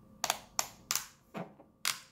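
A belt strap is pushed through a Kore Essentials ratchet-style gun belt buckle, and each notch engages with a sharp click at 0.2, 0.6 and 0.9 s. Softer clicks follow near 1.4 and 1.9 s. The buckle ratchets and holds the belt as it is fed through.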